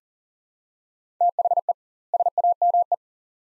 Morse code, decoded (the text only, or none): THE SAME